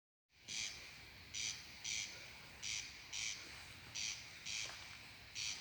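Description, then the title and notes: Corn crake's harsh rasping call starting after brief silence, single scraping notes repeated roughly every half to one second, with steady background noise. Endangered corn crake calling at night from a meadow beside houses in Penčice, Přerov area, Czech Republic, unusually close to a built-up village, disturbing the night quiet. "Chřástal polní rušil noční klid v obci na Přerovsku. V části Přerova se k překvapení ornitologů usadil silně ohrožený chřástal polní. Vybral si lokalitu na louce v místní části v Penčicích, zcela nezvykle u zastavěné části obce"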